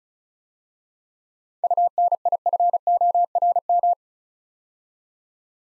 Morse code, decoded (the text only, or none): UNIFORM